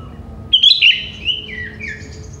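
Sooty-headed bulbul giving one bubbly, warbling phrase that slides downward and trails off into softer whistled notes.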